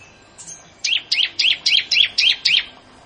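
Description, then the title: Prinia giving a quick, evenly spaced string of seven chirpy notes after two faint opening notes. "Ciblek Sawah"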